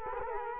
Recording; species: mosquito wingbeat signal from an infrared sensor; Culex quinquefasciatus